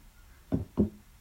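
A single paired lub-dub heartbeat: two low, dull thumps about a quarter second apart, the second slightly louder, over a quiet background. It is one heart cycle with first and second heart sounds, too short to judge rate.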